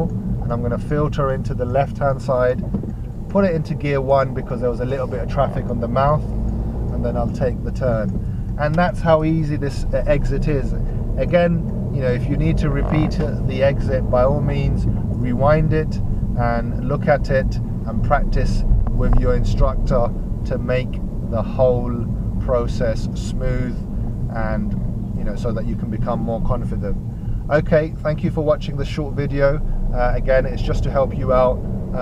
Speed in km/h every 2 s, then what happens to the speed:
11, 10, 15, 15, 16, 23, 27, 26, 26, 27, 24, 23, 16, 13, 18, 24.
0-7 steady at about 11. 7-12 speeds up to 27. 12-18 steady at about 26. 18-25 slows to 13. 27-32 speeds up to 24.